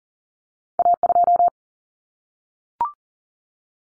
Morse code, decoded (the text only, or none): A2